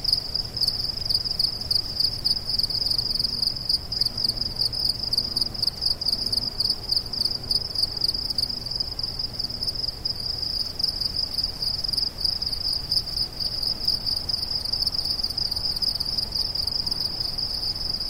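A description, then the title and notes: Crickets chirp steadily through the night, a dense, high-pitched trill that pulses quickly and never lets up across the whole stretch. Underneath, a soft low rumble of wind stays constant and faint, with no other distinct sounds standing out. Crickets in the Desert at Night. A peaceful desert night filled with the sounds of chirping crickets. The gentle rustling of the wind and the soothing melodies of crickets.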